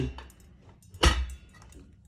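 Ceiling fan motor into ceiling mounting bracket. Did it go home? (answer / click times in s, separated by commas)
yes / 1.0 s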